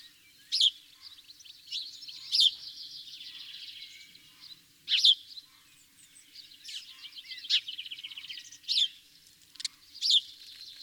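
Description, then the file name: House sparrow calls: loud clipped chirps every one to three seconds, with a continuous buzzy twittering underneath between them. "Passer domesticus"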